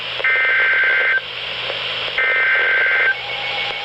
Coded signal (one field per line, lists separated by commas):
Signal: Emergency Alert System (SAME) tones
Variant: header bursts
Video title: Severe Thunderstorm Warning (EAS #1,010) 7/7/17